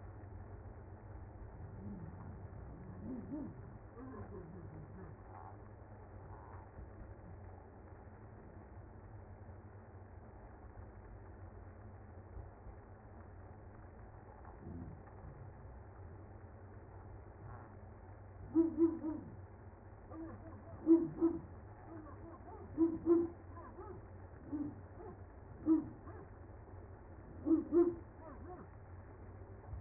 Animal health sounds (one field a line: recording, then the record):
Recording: honeybee colony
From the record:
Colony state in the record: active